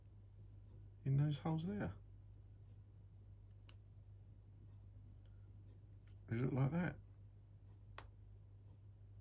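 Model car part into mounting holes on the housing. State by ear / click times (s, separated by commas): seated / 8.0 s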